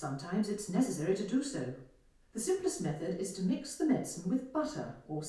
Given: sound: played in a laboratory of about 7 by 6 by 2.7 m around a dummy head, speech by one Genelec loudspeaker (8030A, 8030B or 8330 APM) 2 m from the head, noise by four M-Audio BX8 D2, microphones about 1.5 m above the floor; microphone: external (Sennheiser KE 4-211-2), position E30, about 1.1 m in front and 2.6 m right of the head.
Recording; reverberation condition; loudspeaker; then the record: female speech in English; medium; behind (180 degrees)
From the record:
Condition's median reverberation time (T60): about 510 ms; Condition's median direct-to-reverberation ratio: about -0.5 dB